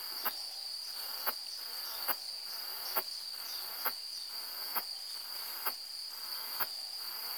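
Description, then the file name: Cicadetta cantilatrix song: a continuous high, shrill buzz held at one pitch, punctuated by sharp clicks roughly once a second. "cantilatrix"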